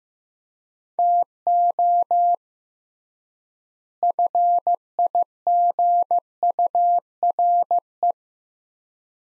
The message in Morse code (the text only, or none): TO FIGURE